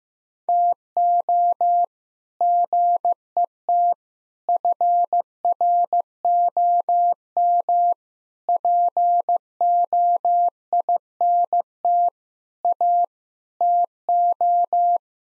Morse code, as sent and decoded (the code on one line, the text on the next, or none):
- --- / --. . - / ..-. .-. --- -- / .--. --- .. -. - / .- / - ---
TO GET FROM POINT A TO